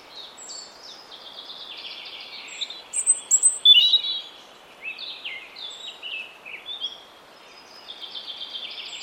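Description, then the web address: European robin song, quieter continuous high warbling and trilling with a louder cluster of notes midway, against a steady background hiss. "cianscape birddata Deverinetal 2025 Bird Only Er Ru"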